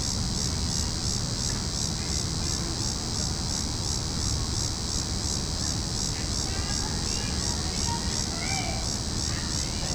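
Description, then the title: Cicada chorus buzzing steadily at high pitch, while faint chirps and brief whistles appear in the second half over low rumble. Cicadas calling in a tree. "neoscenes: cicadas in tree"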